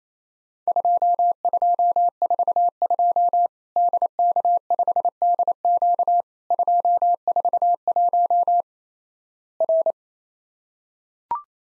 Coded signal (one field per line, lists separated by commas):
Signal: Morse code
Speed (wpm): 28 wpm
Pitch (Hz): 700 Hz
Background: none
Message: 2242 DK5DQ 241 R